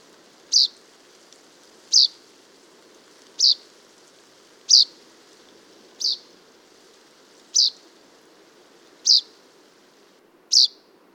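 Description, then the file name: Common chaffinch calls: short, sharp high notes repeated about every one and a half seconds, eight in all, over a faint steady background hiss. "Fringilla coelebs"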